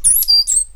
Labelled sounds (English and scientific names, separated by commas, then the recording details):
Stitchbird (Notiomystis cincta) song
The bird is a male
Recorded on Tiritiri Matangi Island, New Zealand, in 2005
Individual 8, of nest box 10